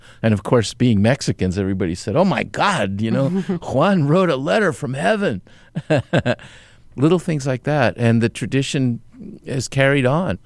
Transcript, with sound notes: And, of course, being Mexicans, everybody said, oh, my God. You know... (Laughter) ...Juan wrote a letter from heaven - (laughter) little things like that. And the tradition has carried on.